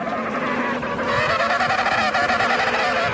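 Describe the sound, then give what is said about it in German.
Penguin calls on an island off the coast: a dense, continuous chorus of harsh, braying, donkey-like honks overlapping one another, loud throughout and swelling slightly after the first second, with no voices. “Die sind so groß wie Enten und können nicht fliegen, weil sie keine Schwungfedern in den Flügeln haben. Und man nennt sie Pinguine.”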